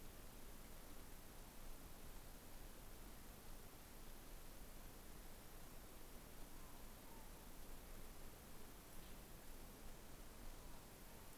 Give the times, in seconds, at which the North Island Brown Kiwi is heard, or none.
none